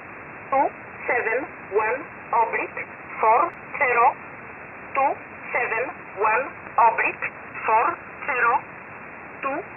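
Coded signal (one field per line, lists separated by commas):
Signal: numbers station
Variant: E11 Oblique, English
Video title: 10 11 2021 Number station E11 Oblique in English to Eu 0930 on 7469 unknown tx site in USB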